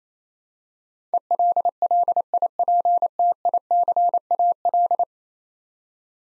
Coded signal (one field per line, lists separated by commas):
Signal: Morse code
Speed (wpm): 28 wpm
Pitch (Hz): 700 Hz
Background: none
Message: ELLIPTICAL